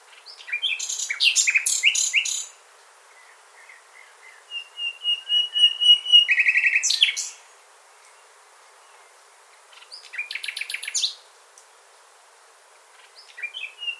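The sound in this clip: Bird song: bursts of fast, sharp chirps separated by short silences, the second starting with soft repeated whistles and a buzzy note, and another burst beginning at the end.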